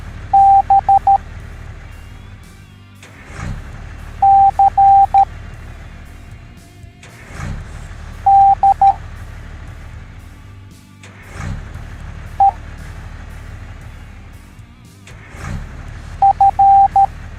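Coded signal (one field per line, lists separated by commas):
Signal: Morse code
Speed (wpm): 13 wpm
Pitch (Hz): 790 Hz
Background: music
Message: B C D E F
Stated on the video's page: Morse code alphabet taught in an educational cartoon for children.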